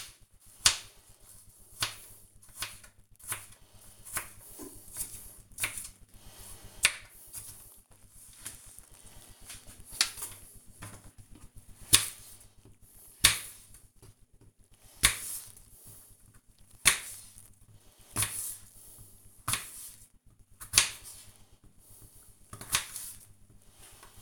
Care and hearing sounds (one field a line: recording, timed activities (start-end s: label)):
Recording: household activities, microphone on the right wrist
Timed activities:
0.00-24.22 s: cutting vegetables